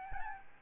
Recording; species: mosquito wingbeat signal from an infrared sensor; Aedes albopictus